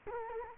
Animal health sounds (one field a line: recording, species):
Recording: mosquito wingbeat signal from an infrared sensor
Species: Culex quinquefasciatus